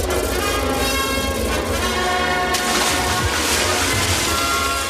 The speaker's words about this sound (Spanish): Indiana agarra una liana y salta al río.